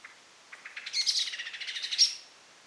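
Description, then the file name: Common blackbird giving a rapid, rattling chatter of sharp notes that grows louder, then ends on a high squeak. "Turdus merula"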